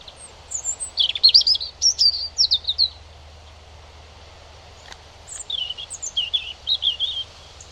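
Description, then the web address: European robin singing two phrases of high, thin, tumbling notes, the first rapid and jumbled, the second softer with sliding whistles, separated by a two-second pause. "Deverinetal 2025 File origin Bird Only Er Ru"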